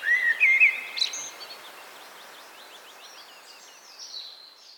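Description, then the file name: Common blackbird gives a short, rich fluted phrase closing with a high scratchy twitter, followed by many faint high chattering notes. "Turdus merula"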